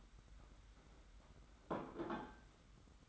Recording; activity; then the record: daily activity, microphone in the room; place plate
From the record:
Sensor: 3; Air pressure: 991.8 hPa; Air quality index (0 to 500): 181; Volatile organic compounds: 1000 ppm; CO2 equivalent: 6057 ppm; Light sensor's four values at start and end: 28/85/35/31 and 26/80/33/29